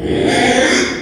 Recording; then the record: squeal of a Yucatan mini pig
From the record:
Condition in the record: after surgery on the right vocal fold (resection and tissue-engineered implant); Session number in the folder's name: 3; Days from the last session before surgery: 33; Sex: male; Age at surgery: 12 weeks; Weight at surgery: 13 kg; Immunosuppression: cyclosporine, prednisolone